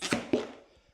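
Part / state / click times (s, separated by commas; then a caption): tire bead coming off a motorcycle wheel rim / released / 0.3 s. The bead breaker on a Rabaconda tire changer is pressed down on a 19-inch front motorcycle wheel to push the tire's rubber bead away from the metal rim. After a short thud, the bead pops off with a sharp crack at 0.3 s, followed by a fading ring while someone talks briefly. The bead is released from the rim.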